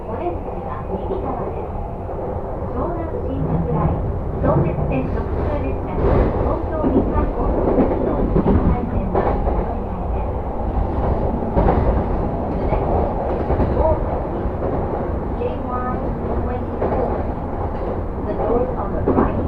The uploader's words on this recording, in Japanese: 耳で楽しむ鉄道旅 山手・京浜東北・中央線 目黒→田町→東京→御茶ノ水。目黒からは山手線内回りに乗って田町まで移動し、京浜東北線の快速電車に乗り換えて東京に向かいます。東京からは中央線快速で御茶ノ水へ。